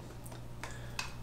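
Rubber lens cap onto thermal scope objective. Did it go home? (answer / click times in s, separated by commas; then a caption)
yes / 1.0 s. A soft rubber lens cap on a Guide Sensmart TR650 thermal rifle scope is pressed back over the objective lens. Two faint ticks at about 0.3 s and 0.6 s come before a sharper snap at 1.0 s, heard over a steady low hum. The cap seats on the scope at 1.0 s.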